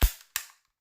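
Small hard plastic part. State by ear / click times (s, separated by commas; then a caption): seated / 0.4 s. A loose part of a vintage handheld embossing label maker is pushed back down into the body. After a low thump at the start, a sharp snap at 0.4 s marks the part clicking into place, and it seats.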